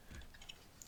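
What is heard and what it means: A RAM module is pressed firmly into a motherboard DIMM memory slot, first on one side and then on the other, with low, soft handling noise early on. The retention clips click sharply at 0.5 s and 0.8 s, and the memory stick is seated.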